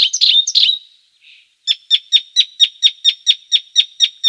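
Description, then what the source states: Icterine warbler song: a few harsh, chattering notes, a short pause, then a fast run of identical sharp notes. Song, recorded by Peter Schulze.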